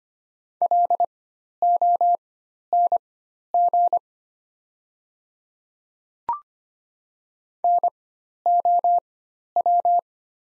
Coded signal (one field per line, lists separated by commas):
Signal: Morse code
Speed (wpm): 25 wpm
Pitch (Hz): 700 Hz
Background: none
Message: LONG NOW